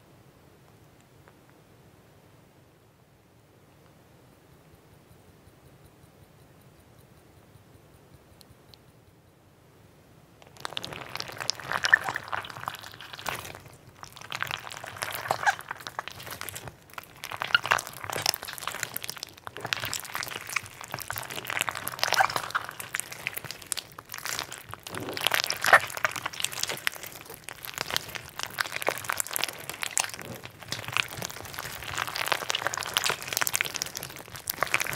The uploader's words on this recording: Sponge rainbow Slime. Sonidos de slime de esponjas.